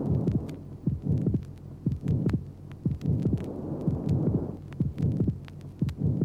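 Heart sounds by stethoscope at the pulmonary area during normal breathing in an adult with an atrial septal defect: repeating heartbeats at about 60 per minute, each with split-sounding components, over a low continuous hum between beats.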